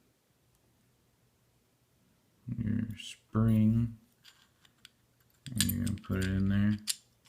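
During reassembly of a Kimber Eclipse 1911 pistol, the recoil spring assembly is handled and fitted into the steel slide while someone talks. Short, faint clicks come at about 4.3, 4.7 and 4.9 seconds between the speech. The clip ends before the part goes home, so nothing has seated or locked yet.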